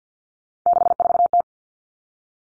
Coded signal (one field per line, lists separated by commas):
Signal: Morse code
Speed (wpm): 50 wpm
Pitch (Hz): 700 Hz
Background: none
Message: 64T